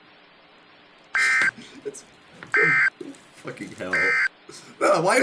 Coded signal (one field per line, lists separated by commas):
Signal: Emergency Alert System (SAME) tones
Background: speech